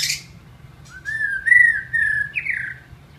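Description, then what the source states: White-rumped shama: songbird whistling a long, smooth, gently wavering note that swells, then a brighter rising-falling whistle, after a brief noisy burst at the start; low hum throughout. Masteran (training recording) of a White-rumped shama.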